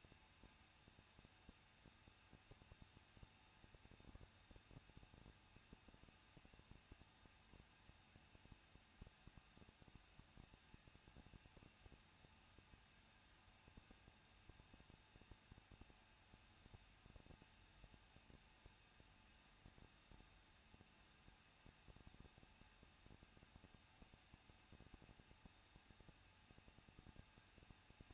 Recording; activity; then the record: daily activity, microphone in the room; no activity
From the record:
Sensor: 2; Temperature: 21.0 degrees Celsius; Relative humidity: 37.3%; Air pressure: 1006.3 hPa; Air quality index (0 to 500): 220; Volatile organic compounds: 23 ppm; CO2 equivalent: 2782 ppm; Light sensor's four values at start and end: 2/3/2/2 and 2/3/2/2